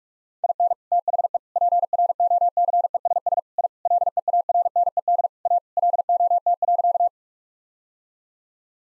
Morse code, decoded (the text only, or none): IN THE PROCESS I LEARNED A LOT.